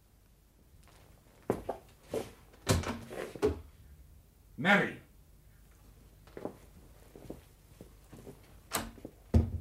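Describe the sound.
A door creaks and clunks open amid a series of sharp knocks and shuffling steps, then a voice calls out once before more thuds and footfalls follow.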